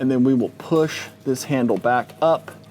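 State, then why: Not seated. Someone talks while handling the lever-lock main wiring plug going into the rear harness socket of a RAM 1500 DT truck during an Ironman 4x4 Raid rear bumper install. The plug is fed back into its socket, and its locking handle is about to be pushed back up. Nothing has seated or clicked yet.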